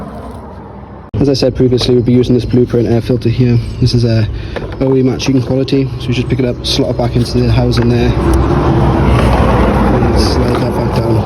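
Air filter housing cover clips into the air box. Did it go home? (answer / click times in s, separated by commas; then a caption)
no / none. During a service on a 2013 Renault Clio, a new Blueprint OE-matching-quality air filter is slotted into its housing and the plastic air filter housing cover is slid back down toward the air box while someone talks. After a quiet first second the talk runs on over light handling sounds, with steadier broadband noise from about 8 s. Nothing has seated or clicked yet.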